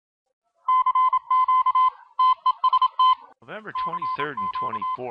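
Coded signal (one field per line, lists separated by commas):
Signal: Morse code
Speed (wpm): 27 wpm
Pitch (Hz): 1020 Hz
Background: speech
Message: CQ TEST CQ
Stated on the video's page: CQ World Wide CW DX contest stations from around the world, received off the air.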